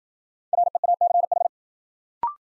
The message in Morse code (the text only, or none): REACH